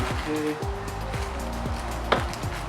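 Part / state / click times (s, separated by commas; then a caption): bulb connector into headlight housing / seated / 2.1 s. A bulb connector is pushed into the back of the headlight housing while fitting JDM headlights on an Evo, with music playing and someone talking. A sharp click sounds at 2.1 s as the connector seats in place.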